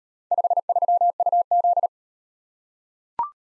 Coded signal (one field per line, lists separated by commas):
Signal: Morse code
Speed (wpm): 35 wpm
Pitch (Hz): 700 Hz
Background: none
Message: 53UZ